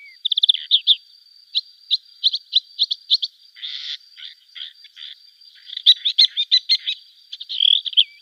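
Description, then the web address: Lesser grey shrike song: a busy, chattering run of short squeaky and scratchy notes in quick bursts. "Schulze Peter Lesser Grey Shrike"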